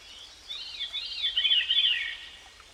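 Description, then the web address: Veery singing one ethereal, reedy phrase of rolling notes that cascade downward in a spiral, with constant low hiss in the background. "Dan Gibson Songbirds By The Stream. Veery"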